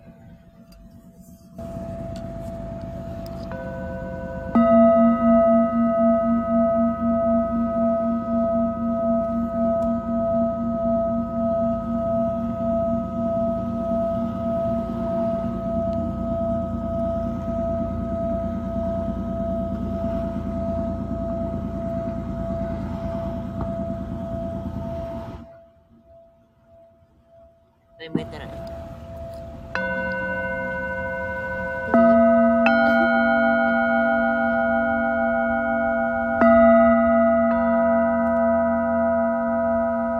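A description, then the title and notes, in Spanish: A Tibetan singing bowl rings with long, steady tones, layered as more are struck around 2 and 5 seconds and sustained, with a low hum beneath. The sound cuts out near 25 seconds, then new strikes at about 28, 32 and 36 seconds build the ringing back up. Cuenco tibetano desde Caribe Mexicano.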